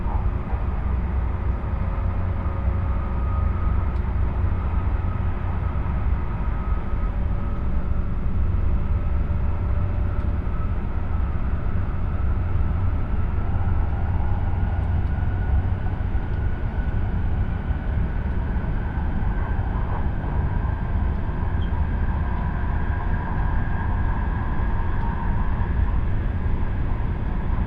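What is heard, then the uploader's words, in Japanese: Onboard a train on the Shinano Railway and Hokuriku Shinkansen line, a heavy, steady low rumble fills the whole stretch at an even level. Faint whining tones rise and drift above it, with an occasional small click or knock. しなの鉄道・北陸新幹線 小諸→上田→長野。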